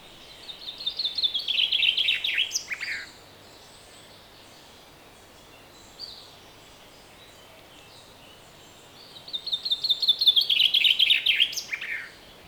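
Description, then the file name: Common chaffinch singing two bright, rapid songs, each a descending trill of high notes ending in a quick flourish, about eight seconds apart, with a single short note between them. "Fringilla coelebs"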